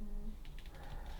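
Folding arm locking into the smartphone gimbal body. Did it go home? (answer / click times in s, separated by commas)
no / none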